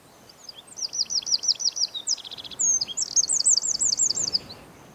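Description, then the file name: Eurasian wren singing an energetic, very high song of quick repeated notes, a buzzy rattle and rolling trills lasting around four seconds. "Troglodytes troglodytes"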